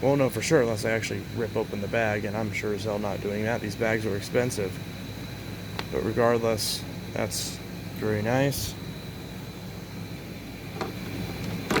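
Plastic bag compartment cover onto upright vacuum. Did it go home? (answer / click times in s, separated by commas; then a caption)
yes / 11.7 s, 11.8 s. Someone talks over a steady background hum while a plastic bag compartment cover is pressed back onto a Hoover WindTunnel Plus upright vacuum after the bag has been checked. Two sharp clicks at 11.7 and 11.8 seconds mark the cover snapping back on and seating in place.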